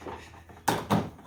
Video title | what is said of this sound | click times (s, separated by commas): 2008-2012 Ecotec Chevy Malibu 2.4L engine replacement | and that pops off connector for that | 0.7 s